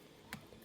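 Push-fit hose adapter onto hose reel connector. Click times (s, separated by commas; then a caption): 0.3 s. A supplied plastic push-fit hose adapter is pushed onto the connector of a Titan auto reel hose until it clicks. A single sharp click at 0.3 s stands out over a quiet background. The adapter is seated and attached.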